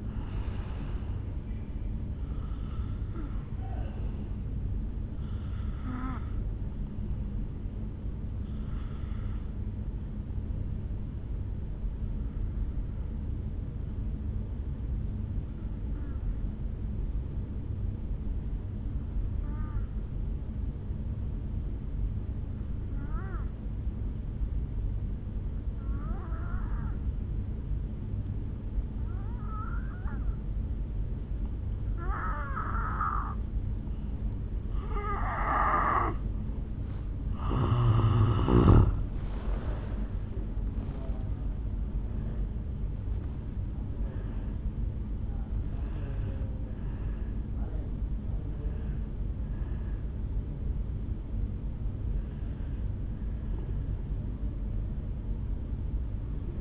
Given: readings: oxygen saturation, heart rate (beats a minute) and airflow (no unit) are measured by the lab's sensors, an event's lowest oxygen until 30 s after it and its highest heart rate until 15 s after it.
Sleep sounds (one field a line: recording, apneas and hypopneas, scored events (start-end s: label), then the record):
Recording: breathing in sleep by a smartphone at the bedside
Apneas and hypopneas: 1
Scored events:
13.00-35.30 s: obstructive apnea (N2, oxygen 96% highest, then 83% lowest, heart rate 52 at the start, 73 highest)
36.00-56.61 s: new sleep stage, N1 (lightest sleep)
From the record:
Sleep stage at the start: N2 (light sleep)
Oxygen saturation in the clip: 85 to 96%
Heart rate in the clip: 52 to 73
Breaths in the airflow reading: 12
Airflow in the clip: -6.2 to 4.3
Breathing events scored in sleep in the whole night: 449 in 7.0 hours asleep